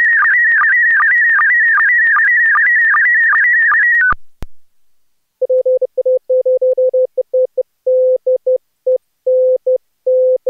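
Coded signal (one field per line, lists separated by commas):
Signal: SSTV (slow-scan television)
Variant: PD50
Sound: warbling high tone with regular short low blips, cut off, then on-off beeps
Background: Morse code beeps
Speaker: Tot zover het nieuws van vandaag. Volgt nu dus het iets langere grote SSTV-plaatje in kleur in de mode PD50 en daarna de mossen.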